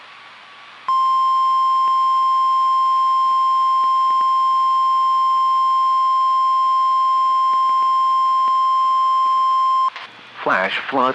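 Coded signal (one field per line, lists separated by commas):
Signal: Emergency Alert System (SAME) tones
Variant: 1050 Hz attention tone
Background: speech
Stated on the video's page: Flash Flood Emergency captured from the KIG76 weather radio station via a website.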